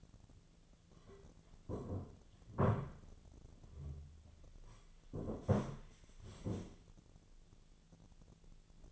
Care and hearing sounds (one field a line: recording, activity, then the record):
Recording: daily activity, microphone in the room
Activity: sit down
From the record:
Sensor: 4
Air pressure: 1008.9 hPa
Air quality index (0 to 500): 170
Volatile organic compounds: 5 ppm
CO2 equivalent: 1708 ppm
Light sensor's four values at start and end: 23/73/28/27 and 23/73/28/27